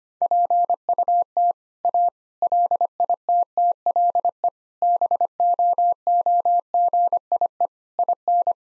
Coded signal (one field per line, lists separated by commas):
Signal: Morse code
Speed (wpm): 25 wpm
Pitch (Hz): 700 Hz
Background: none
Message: PUT A LITTLE BOOGIE IN